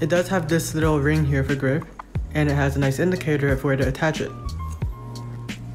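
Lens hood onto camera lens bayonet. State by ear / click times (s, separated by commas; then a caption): not seated / none. A man talks over background music while handling the rubberized plastic lens hood for the Sigma 30mm f/1.4 DC DN Contemporary lens, which has a small grip ring and an indicator for lining it up on the lens bayonet. A brief sharp tick is heard at 4.8 s, but the hood has not yet been twisted on and nothing has seated or clicked yet.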